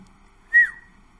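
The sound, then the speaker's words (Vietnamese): A single loud, sharp human whistle on one high, steady pitch. It bursts out suddenly, holds for a fraction of a second, then trails off quickly into quiet. “Lão Pete huýt sáo thật to, cũng không nhiều lời vô nghĩa thêm nữa.”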